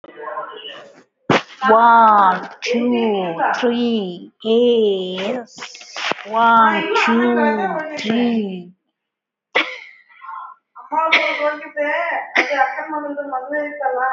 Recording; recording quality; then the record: sustained vowel as in made; poor, much background noise or distortion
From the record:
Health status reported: recovered from COVID-19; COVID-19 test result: positive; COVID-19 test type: RT-PCR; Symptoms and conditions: loss of smell and taste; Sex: female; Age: 38 years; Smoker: no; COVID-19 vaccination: both doses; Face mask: not worn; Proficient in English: yes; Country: India